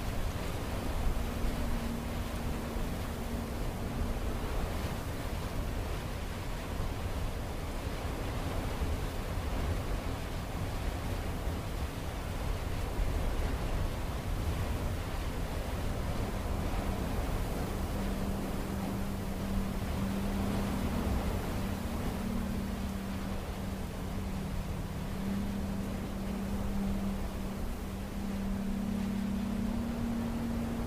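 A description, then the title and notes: Strong storm wind roars steadily and densely throughout, with a low humming drone wavering in and out, stronger in the second half. Waiting out the Storm: ambient soundscape.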